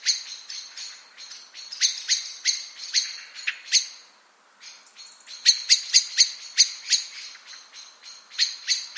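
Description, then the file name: Eurasian blackbird repeating hard chink notes almost without break, a brief lull midway, then another quick clattering series of sharp clicks. "Turdus merula"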